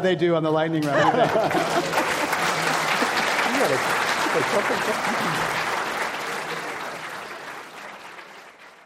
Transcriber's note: applause